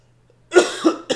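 A short run of harsh, voiced coughs from an adult man with a cold.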